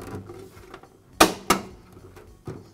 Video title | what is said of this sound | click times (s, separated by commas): NuTone Vent-Fan-Heater Repair - Replacing the Lens (NuTone Part # S53740000) | I'll insert one tab on one side, and the new lens just simply snaps into place. | 1.2 s, 1.5 s